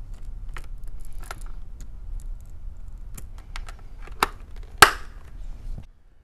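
A SportStar chinstrap's lower buckle on the second side is pressed onto the snap post of a Xenith football helmet. Light rattling and small clicks lead up to a loud, sharp snap at 4.8 s as the buckle seats on the post.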